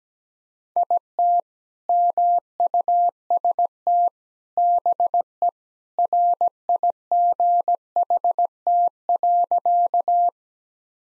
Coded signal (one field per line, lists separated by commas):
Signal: Morse code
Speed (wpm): 17 wpm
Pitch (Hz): 700 Hz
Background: none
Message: IT MUST BE RIGHT.